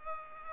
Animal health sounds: mosquito wingbeat signal from an infrared sensor; Culex pipiens

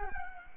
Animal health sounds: mosquito wingbeat signal from an infrared sensor; Culex quinquefasciatus

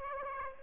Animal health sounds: mosquito wingbeat signal from an infrared sensor; Aedes aegypti

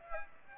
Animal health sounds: mosquito wingbeat signal from an infrared sensor; Aedes aegypti

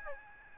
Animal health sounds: mosquito wingbeat signal from an infrared sensor; Aedes aegypti

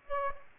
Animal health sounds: mosquito wingbeat signal from an infrared sensor; Aedes aegypti

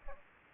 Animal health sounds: mosquito wingbeat signal from an infrared sensor; Aedes aegypti

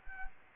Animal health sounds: mosquito wingbeat signal from an infrared sensor; Anopheles arabiensis

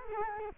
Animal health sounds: mosquito wingbeat signal from an infrared sensor; Culex quinquefasciatus

